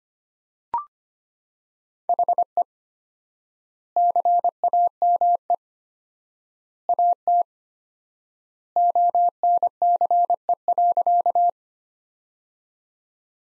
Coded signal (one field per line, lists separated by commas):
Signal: Morse code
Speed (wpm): 25 wpm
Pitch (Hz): 700 Hz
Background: none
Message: HE CAME AT ONCE.